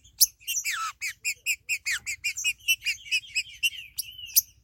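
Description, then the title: Green-winged saltator singing a rapid, steady string of bright chirps, opening with a long downward slur and ending in a drawn-out level note. "Trinca Ferro"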